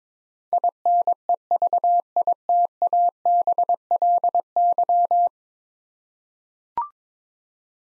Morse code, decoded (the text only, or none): INEVITABLY